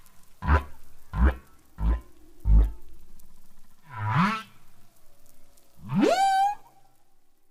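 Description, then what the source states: Humpback whale song, four low grunting pulses in a row, then a broad moan and a rising whoop that levels off into a long tone. Song continually evolves: units and whole themes added or deleted over time, with all males in the population adopting the changes.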